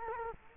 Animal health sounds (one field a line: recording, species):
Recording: mosquito wingbeat signal from an infrared sensor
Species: Culex quinquefasciatus